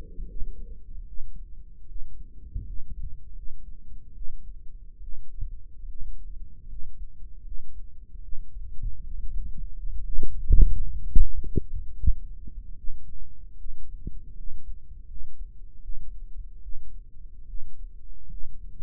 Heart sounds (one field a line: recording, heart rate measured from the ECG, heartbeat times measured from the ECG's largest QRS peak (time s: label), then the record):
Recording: heart sounds by microphone in the right ear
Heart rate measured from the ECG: 77 bpm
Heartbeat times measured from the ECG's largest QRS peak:
0.27 s: heartbeat
1.06 s: heartbeat
1.87 s: heartbeat
2.64 s: heartbeat
3.34 s: heartbeat
4.13 s: heartbeat
5.00 s: heartbeat
5.86 s: heartbeat
6.67 s: heartbeat
7.42 s: heartbeat
8.21 s: heartbeat
9.01 s: heartbeat
9.73 s: heartbeat
10.46 s: heartbeat
11.19 s: heartbeat
11.96 s: heartbeat
12.76 s: heartbeat
13.57 s: heartbeat
14.35 s: heartbeat
15.06 s: heartbeat
15.80 s: heartbeat
16.61 s: heartbeat
17.46 s: heartbeat
18.28 s: heartbeat
From the record:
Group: healthy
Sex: female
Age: 22 years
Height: 160 cm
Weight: 63 kg